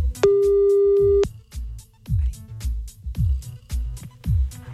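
One steady, mid-pitched ringback tone sounds for about a second on an outgoing call, made to call someone back after the line was cut off, over a low, rhythmic thumping beat that keeps going after the tone stops.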